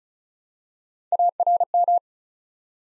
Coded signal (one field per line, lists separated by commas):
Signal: Morse code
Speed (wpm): 36 wpm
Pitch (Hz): 700 Hz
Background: none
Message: ARM